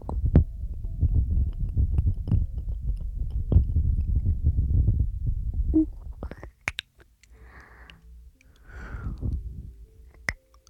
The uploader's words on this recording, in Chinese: 纯呼吸声asmr。